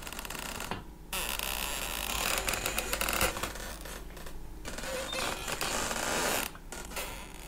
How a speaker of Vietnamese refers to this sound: Cánh cửa buồng bỗng nhiên kẽo ca kẽo kẹt, từ từ mở ra.